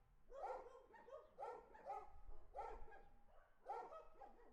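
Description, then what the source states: Dog barking in several rough barks, over low rumbling background noise. Ambient barking dogs on the street.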